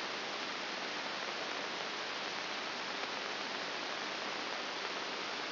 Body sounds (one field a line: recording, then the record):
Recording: brain microelectrode recording played as sound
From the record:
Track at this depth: outside the subthalamic nucleus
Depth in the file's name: 0.304 mm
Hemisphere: right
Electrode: 3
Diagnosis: Parkinson's disease